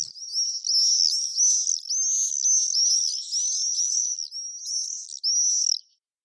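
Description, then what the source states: Common Swift giving shrill, piercing screams in continuous sizzling bursts that arc up and down, ending abruptly near six seconds. Played once more at the end; heard above houses on warm spring and summer days; icy, shrill 'wiiiiiiiizzzzzzz' cry.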